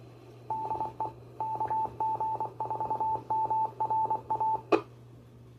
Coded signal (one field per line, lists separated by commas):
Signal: Morse code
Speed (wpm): 24 wpm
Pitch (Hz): 880 Hz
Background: none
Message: DE KG4MRA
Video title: New Ham's Net Jan 21 2025